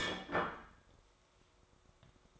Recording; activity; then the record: daily activity, microphone in the room; place plate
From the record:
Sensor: 3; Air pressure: 1004.3 hPa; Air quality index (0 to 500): 197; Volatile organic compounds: 14 ppm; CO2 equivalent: 2470 ppm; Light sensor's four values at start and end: 5/11/4/4 and 5/11/4/4